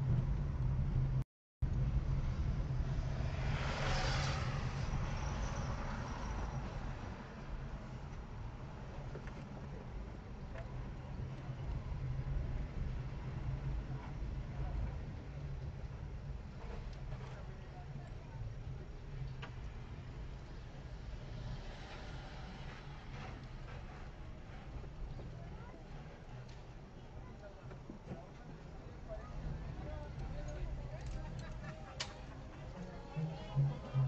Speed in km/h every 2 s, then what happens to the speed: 17, 16, 13, 7, 7, 9, 11, 6, 6, 5, 6, 5, 5, 4, 4, 8, 6.
0-6 slows to 7. 6-11 steady at about 7. 17-34 steady at about 5.